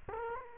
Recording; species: mosquito wingbeat signal from an infrared sensor; Culex quinquefasciatus